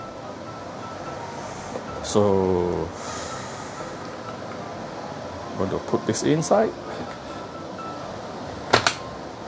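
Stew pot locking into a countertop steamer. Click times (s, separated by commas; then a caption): 8.7 s, 8.9 s. A stew pot is placed inside a countertop steamer and turned to lock while someone talks over a steady background hum. Two sharp clicks at 8.7 and 8.9 seconds show the pot has locked into place.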